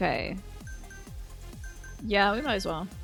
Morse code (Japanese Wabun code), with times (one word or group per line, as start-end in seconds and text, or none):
none